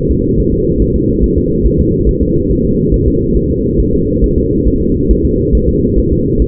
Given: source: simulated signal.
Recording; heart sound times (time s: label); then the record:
fetal heart sounds
0.12 s: S2
0.40 s: S1
0.54 s: S2
0.82 s: S1
0.96 s: S2
1.24 s: S1
1.38 s: S2
1.66 s: S1
1.81 s: S2
2.09 s: S1
2.23 s: S2
2.51 s: S1
2.65 s: S2
2.94 s: S1
3.08 s: S2
3.37 s: S1
3.51 s: S2
3.80 s: S1
3.94 s: S2
4.24 s: S1
4.38 s: S2
4.67 s: S1
4.81 s: S2
5.11 s: S1
5.25 s: S2
5.55 s: S1
5.69 s: S2
5.99 s: S1
6.13 s: S2
6.42 s: S1
From the record:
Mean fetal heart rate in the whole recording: 140 bpm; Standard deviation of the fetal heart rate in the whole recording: 2 bpm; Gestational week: 34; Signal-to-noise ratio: -10.2 dB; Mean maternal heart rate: 72 bpm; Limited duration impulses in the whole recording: present